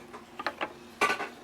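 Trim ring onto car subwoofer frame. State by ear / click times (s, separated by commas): seated / 0.5 s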